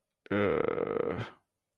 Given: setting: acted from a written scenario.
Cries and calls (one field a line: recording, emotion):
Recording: vocal sound without words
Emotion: shame